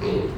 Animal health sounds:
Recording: contact call of a hoofed animal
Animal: pig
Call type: closed-mouth grunt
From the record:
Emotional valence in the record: positive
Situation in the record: food and toys in familiar pen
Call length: 0.37 s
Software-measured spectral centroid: 1520 Hz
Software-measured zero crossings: 1040 a second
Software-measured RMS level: -24 dBFS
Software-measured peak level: -13 dBFS

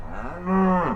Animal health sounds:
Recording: contact call of a hoofed animal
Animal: cattle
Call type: low-frequency (closed-mouth) or high-frequency (open-mouth) call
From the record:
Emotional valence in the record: negative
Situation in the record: full separation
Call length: 0.96 s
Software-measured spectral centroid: 1000 Hz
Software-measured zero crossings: 1030 a second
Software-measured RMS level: -23 dBFS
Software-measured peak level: -10 dBFS

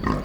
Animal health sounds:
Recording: contact call of a hoofed animal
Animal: wild boar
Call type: grunt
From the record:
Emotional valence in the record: negative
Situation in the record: naturally occurring agonistic interactions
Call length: 0.25 s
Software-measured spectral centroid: 1630 Hz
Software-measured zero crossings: 1180 a second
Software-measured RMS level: -24 dBFS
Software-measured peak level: -8 dBFS

